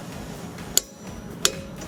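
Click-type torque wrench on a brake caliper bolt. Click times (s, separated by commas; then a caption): 0.8 s, 1.5 s. A 3/8 click-type torque wrench tightens a rear brake caliper bolt on a Dodge. Two sharp, loud metallic clicks ring out at 0.8 s and 1.5 s over a low steady background hum, marking the wrench reaching its set torque.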